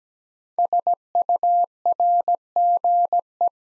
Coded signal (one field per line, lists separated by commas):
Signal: Morse code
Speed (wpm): 17 wpm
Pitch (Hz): 700 Hz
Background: none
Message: SURGE